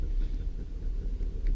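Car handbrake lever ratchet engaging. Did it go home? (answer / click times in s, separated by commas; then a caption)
yes / 1.5 s. After parking, a car's handbrake lever is pressed and raised over a steady low rumble, and one faint ratchet click comes at 1.5 s as it engages. The lever locks on and the handbrake is set.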